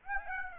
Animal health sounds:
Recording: mosquito wingbeat signal from an infrared sensor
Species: Aedes aegypti

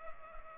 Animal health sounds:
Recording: mosquito wingbeat signal from an infrared sensor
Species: Culex pipiens

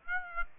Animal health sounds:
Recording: mosquito wingbeat signal from an infrared sensor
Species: Aedes aegypti

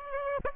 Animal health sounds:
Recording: mosquito wingbeat signal from an infrared sensor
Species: Aedes aegypti

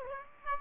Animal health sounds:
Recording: mosquito wingbeat signal from an infrared sensor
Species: Aedes aegypti

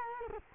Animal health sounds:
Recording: mosquito wingbeat signal from an infrared sensor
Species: Culex quinquefasciatus

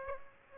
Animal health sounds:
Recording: mosquito wingbeat signal from an infrared sensor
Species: Aedes aegypti

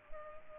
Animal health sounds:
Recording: mosquito wingbeat signal from an infrared sensor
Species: Culex pipiens

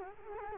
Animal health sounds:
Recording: mosquito wingbeat signal from an infrared sensor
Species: Culex quinquefasciatus

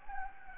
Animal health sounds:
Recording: mosquito wingbeat signal from an infrared sensor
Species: Anopheles gambiae

